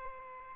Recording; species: mosquito wingbeat signal from an infrared sensor; Aedes albopictus